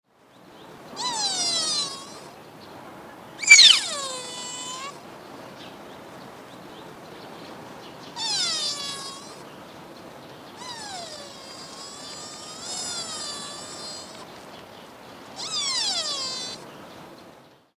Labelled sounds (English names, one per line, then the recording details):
Sika Deer
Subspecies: pseudaxis
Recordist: Tembrock, Günter
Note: Helle Rufe